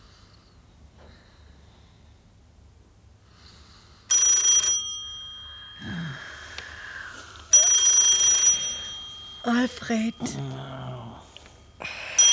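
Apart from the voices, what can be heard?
telephone ringing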